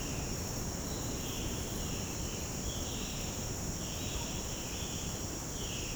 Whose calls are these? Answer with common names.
Violaceous Jay, Russet-backed Oropendola